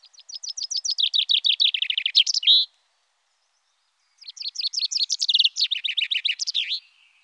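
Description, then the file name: Common chaffinch song: two rattling phrases of rapid descending notes ending in a flourish, separated by a pause of about one and a half seconds. "Pinson des arbres"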